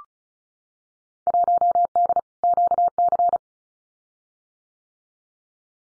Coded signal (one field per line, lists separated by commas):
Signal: Morse code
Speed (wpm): 34 wpm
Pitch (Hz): 700 Hz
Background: none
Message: 1D QC